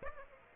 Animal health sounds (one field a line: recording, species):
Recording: mosquito wingbeat signal from an infrared sensor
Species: Aedes aegypti